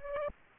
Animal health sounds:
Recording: mosquito wingbeat signal from an infrared sensor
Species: Culex pipiens

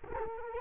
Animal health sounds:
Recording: mosquito wingbeat signal from an infrared sensor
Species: Culex quinquefasciatus

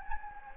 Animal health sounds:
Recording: mosquito wingbeat signal from an infrared sensor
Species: Anopheles gambiae

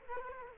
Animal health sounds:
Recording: mosquito wingbeat signal from an infrared sensor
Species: Culex quinquefasciatus

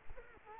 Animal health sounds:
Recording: mosquito wingbeat signal from an infrared sensor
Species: Culex quinquefasciatus

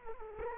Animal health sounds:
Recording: mosquito wingbeat signal from an infrared sensor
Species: Culex quinquefasciatus

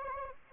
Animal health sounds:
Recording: mosquito wingbeat signal from an infrared sensor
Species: Anopheles arabiensis

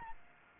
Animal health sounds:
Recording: mosquito wingbeat signal from an infrared sensor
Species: Aedes albopictus

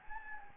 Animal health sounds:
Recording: mosquito wingbeat signal from an infrared sensor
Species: Anopheles gambiae

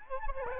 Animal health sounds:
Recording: mosquito wingbeat signal from an infrared sensor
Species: Aedes albopictus

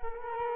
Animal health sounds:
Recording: mosquito wingbeat signal from an infrared sensor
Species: Culex quinquefasciatus

